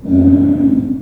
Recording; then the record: squeal of a Yucatan mini pig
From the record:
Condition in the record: after surgery on the right vocal fold (resection and tissue-engineered implant); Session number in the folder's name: 4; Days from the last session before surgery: 26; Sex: female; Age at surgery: 19 weeks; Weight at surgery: 25 kg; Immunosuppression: prednisolone